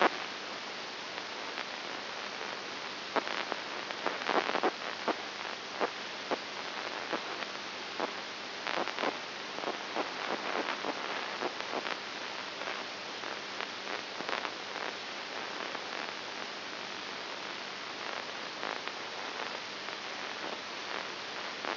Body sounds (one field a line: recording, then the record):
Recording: brain microelectrode recording played as sound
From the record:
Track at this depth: outside the subthalamic nucleus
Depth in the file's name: 7.1 mm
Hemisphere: left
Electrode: 2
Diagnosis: Parkinson's disease